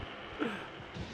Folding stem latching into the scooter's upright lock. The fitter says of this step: As I mentioned before, it is spring-loaded, so as I just lift up the stem, it snaps into place,